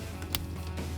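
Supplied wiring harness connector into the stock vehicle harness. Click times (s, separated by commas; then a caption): 0.4 s. A supplied plastic wiring harness connector from a NOVA-Series LED projector headlight kit is pushed into the stock harness of a 2016–2021 Toyota Tacoma SR5 truck. A faint tick at 0.2 s is followed by one sharp, bright click at 0.3 s over a steady low hum. The connector clicks in and is seated.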